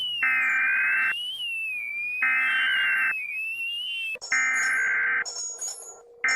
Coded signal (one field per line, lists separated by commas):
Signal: Emergency Alert System (SAME) tones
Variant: header bursts